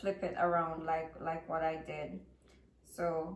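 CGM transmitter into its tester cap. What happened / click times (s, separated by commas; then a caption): The part is being handled but has not clicked into place yet / none. Someone talks while handling a plastic Guardian Link CGM transmitter for the Medtronic 670G, flipping it around after first inserting it the wrong way so it can be pushed onto its plastic tester cap and sealed against water for washing. Only speech is heard, and nothing has seated or clicked yet.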